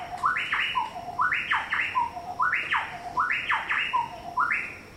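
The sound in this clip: Chowchilla calling: rich, ringing phrases mixing rising and dropping notes, repeated in a steady series.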